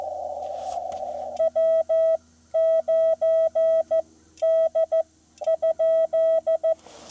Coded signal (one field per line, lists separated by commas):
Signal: Morse code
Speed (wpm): 15 wpm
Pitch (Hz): 650 Hz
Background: none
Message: W 9 D ?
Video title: POTA - CW / SSB - Lake Norman, US-2740 & Changes to Mobile Install